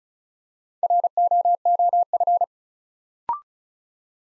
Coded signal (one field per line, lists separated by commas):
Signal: Morse code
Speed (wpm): 36 wpm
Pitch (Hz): 700 Hz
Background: none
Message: ROOF